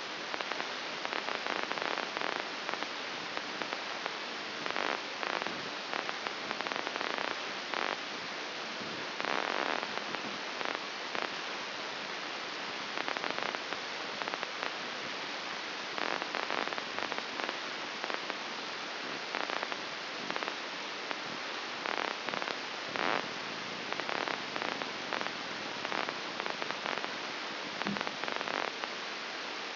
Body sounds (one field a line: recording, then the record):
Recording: brain microelectrode recording played as sound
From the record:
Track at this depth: outside the subthalamic nucleus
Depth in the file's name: 8.504 mm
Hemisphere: left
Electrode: 2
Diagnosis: Parkinson's disease